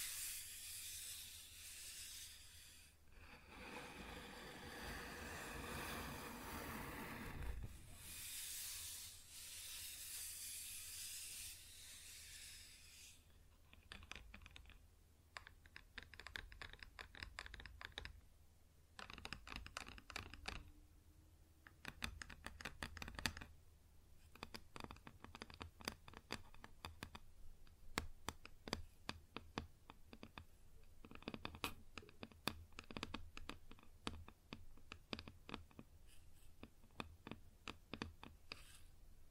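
Tapping and scratching on a wood surface, opening with bursts of dense, hissing scrapes, then sparse, irregular clicky taps continuing to the end.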